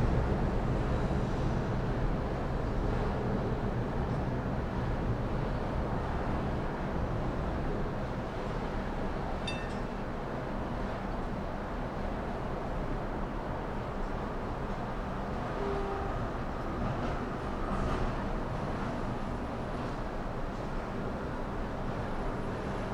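Melbourne's Docklands from 29 floors up at early evening: a steady, dense wash of city traffic rumble, with faint brief clicks and tones.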